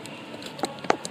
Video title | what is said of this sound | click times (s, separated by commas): 2009+ Ford Canister Purge Valves Multiple Problems | tighten them down get your line back on there till it clicks | 0.9 s